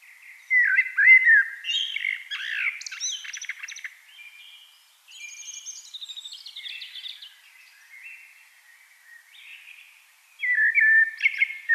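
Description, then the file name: Eurasian blackbird song: loud, mellow fluted warbles with rapid high scratchy twitters, a quieter jumbled middle, and a strong whistled phrase at the end. "Turdus merula"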